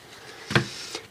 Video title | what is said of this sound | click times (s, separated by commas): MOTOROLA XTS3000, XTS5000 INTERNAL FLEX REMOVAL AND INSTALLATION TUTORIAL | my driver to slide up until it locks into place there just locked into place | 0.6 s